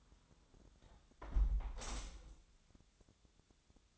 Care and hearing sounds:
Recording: daily activity, microphone in the room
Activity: close window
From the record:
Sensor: 3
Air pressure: 1000.4 hPa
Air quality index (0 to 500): 142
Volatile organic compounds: 2 ppm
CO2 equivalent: 1232 ppm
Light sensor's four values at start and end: 13/35/14/15 and 13/34/13/15

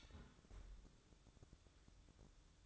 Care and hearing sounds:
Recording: daily activity, microphone in the room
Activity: close fridge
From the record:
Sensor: 3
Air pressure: 1007.7 hPa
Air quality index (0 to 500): 74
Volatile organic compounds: 1 ppm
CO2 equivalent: 654 ppm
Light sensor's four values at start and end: 12/29/12/12 and 12/29/12/12

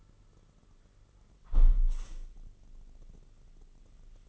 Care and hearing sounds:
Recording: daily activity, microphone in the room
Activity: close window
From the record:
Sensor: 4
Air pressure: 999.4 hPa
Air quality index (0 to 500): 111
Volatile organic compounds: 2 ppm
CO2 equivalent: 1099 ppm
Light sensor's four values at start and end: 14/33/13/15 and 14/32/13/15

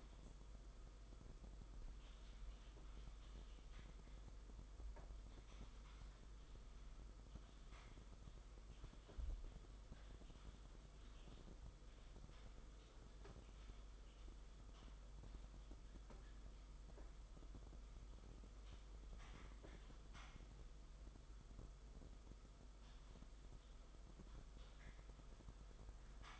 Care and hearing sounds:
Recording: daily activity, microphone in the room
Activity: typing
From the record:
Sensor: 5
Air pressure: 991.1 hPa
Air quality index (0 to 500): 131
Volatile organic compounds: 70 ppm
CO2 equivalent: 3520 ppm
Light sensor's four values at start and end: 38/121/46/49 and 38/120/46/49

